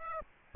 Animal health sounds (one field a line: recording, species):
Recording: mosquito wingbeat signal from an infrared sensor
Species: Aedes aegypti